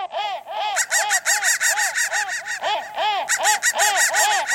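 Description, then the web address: Crow: hoarse, deep caws repeated about three times a second in a rough, honking series. "soundfactory crow"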